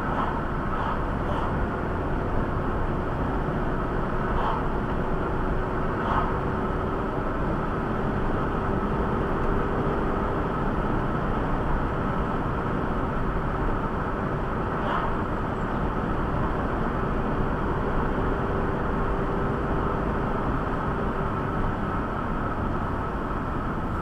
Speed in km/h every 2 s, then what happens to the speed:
70, 71, 71, 69, 75, 76, 72, 71, 69, 76, 76, 76.
0-6 steady at about 70. 6-9 speeds up to 76. 9-17 slows to 69.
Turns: none.